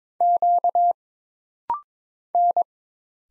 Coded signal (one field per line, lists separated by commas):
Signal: Morse code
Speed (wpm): 22 wpm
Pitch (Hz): 700 Hz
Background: none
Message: Q N